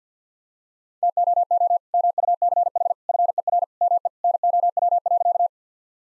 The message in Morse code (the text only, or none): TOO MUCH FER ME NOW.